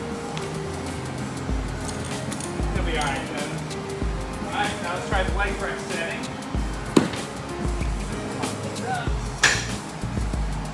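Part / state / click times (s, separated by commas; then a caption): leg press/hack squat sled locking mechanism on the machine frame / seated / 9.4 s. A Titan Fitness steel leg press/hack squat machine is switched to its leg press setting while someone talks over background music. The moving sled is pushed along the frame until its locking mechanism latches with a loud metallic clunk at 9.4 s, seating the carriage in position.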